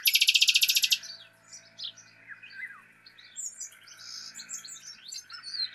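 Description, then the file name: Common nightingale opens with a loud, fast buzzy rattle, followed by softer scattered chirps and whistles over steady background noise. "Luscinia megarhynchos"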